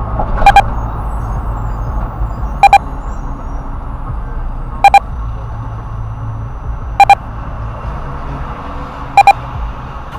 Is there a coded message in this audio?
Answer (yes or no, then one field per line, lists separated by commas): no